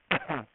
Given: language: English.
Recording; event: throat vibration sensor signal played as sound; cough